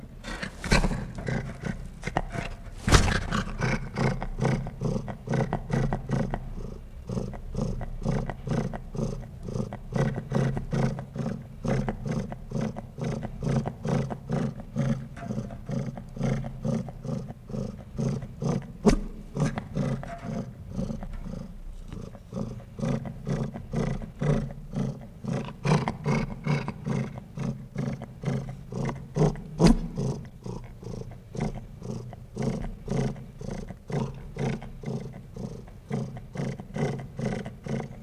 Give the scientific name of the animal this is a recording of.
Vulpes lagopus